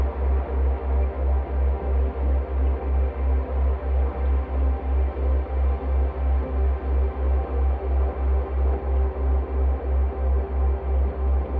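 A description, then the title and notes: A slowed, resonated drone built from a dishwasher recording, with a deep pulsing throb repeating evenly about three times per second through the whole clip. Above it, a dense, swirling wash of midrange tones hangs steady, with no top end. Theraphonia - Bosch Majestic Binaural [C65.4Hz δ 3Hz 120m]. This is a two hour binaural at 3 Hz on a carrier of 65.4 Hz (in the key of C). It's based off a field recording of the full duty cycle of a Bosch Dishwasher, slowed down and resonated into a swirling, evolving drone.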